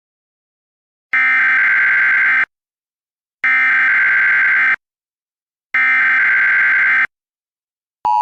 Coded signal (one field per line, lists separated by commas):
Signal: Emergency Alert System (SAME) tones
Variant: header bursts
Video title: (EAS SCENARIO) The Path to Nuclear War: The Beginning of Nuclear Disaster